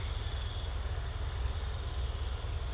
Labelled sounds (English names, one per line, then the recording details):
none
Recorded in secondary vegetation near Puerto Asís, Putumayo, Colombia, on 18 December 2024 at 22:00
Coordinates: 0.468, -76.324
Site G095